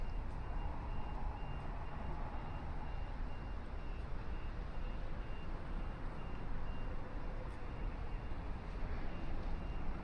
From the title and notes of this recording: River Walk at Sunrise, Binaural City Sounds. Morning walk in Downtown Chicago, Illinois during the morning sunrise. I'm visiting Chicago for a few weeks in Chicago and wanted to record this on a chill morning when the River Walk wouldn't be to overly crowded with people.